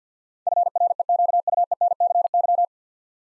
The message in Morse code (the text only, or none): FREQUENCY